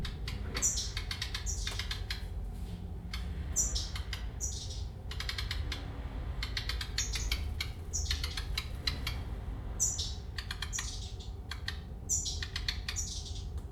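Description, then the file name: Redstart singing repeatedly: clusters of crisp crackling clicks followed by high, slurred whistles, the pattern recurring throughout over continuous low background rumble. "rehek"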